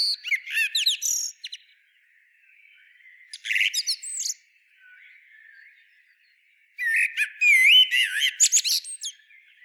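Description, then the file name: Common blackbird delivering complex twittering phrases of high squeaks and warbled slurs in three bursts, with a faint soft chatter between them. "Turdus merula"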